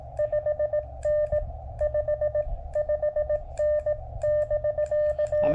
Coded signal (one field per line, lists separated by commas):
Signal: Morse code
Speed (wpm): 17 wpm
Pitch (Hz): 590 Hz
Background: none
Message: 5N 55N <BK>